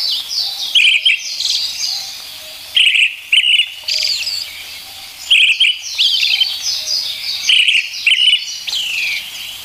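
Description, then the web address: Brown-headed thrush song: loud two- or three-note phrases with a thin high ending, repeated every few seconds, over a steady twittering chorus of other birds. "sikioto birds akahara"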